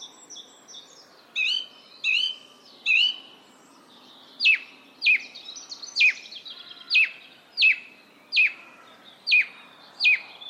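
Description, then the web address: Bird calls: three chirping calls, then a steady run of about nine sharp, downward-sweeping notes repeated less than a second apart. "Bird Only"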